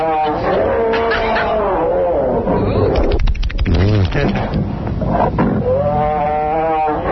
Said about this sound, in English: It's either a tiger, a human, or a bear. Oh, it's a bear. Yeah, bear. What is it? It's a tiger. Really? Oh, really? Yeah, it's a tiger.